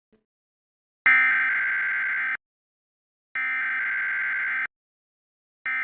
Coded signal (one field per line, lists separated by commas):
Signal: Emergency Alert System (SAME) tones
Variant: header bursts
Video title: EAS Scenario Yoopa's Shutdown